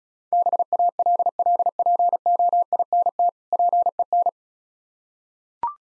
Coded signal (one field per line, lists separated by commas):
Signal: Morse code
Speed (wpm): 36 wpm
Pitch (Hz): 700 Hz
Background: none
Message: BALLPOINT PEN